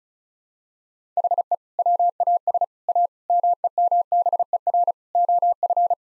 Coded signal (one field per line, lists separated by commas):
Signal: Morse code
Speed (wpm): 36 wpm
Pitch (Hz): 700 Hz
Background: none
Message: HE WAS A MEMBER OF